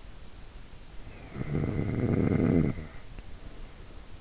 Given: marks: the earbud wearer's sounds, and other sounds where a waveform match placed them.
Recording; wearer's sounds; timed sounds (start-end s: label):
sounds in sleep by an in-ear microphone; snoring breath
1.03-3.95 s: snoring breath